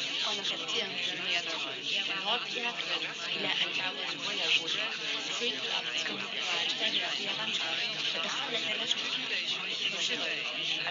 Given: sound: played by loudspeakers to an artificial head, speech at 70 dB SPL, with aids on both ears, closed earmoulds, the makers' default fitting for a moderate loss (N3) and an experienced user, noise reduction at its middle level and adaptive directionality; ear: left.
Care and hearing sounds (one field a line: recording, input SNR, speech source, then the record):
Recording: speech test signal (ISTS) in cocktail-party noise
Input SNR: -3 dB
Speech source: in front (0 degrees)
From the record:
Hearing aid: class 1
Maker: G